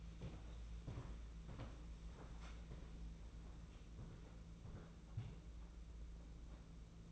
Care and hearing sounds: daily activity, microphone in the room; walk to room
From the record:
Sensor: 1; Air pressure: 992.0 hPa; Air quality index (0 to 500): 217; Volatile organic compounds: 1000 ppm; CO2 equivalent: 8449 ppm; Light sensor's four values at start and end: 21/74/29/29 and 22/77/30/30

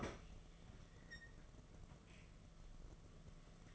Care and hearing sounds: daily activity, microphone in the room; open fridge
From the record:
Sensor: 4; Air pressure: 1015.8 hPa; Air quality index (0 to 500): 186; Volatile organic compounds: 9 ppm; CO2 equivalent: 2146 ppm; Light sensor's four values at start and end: 16/36/15/16 and 11/25/11/11

